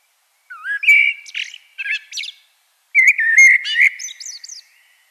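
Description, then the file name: Common blackbird song in two phrases, each mixing mellow whistles with scratchy high twitters. "Turdus merula"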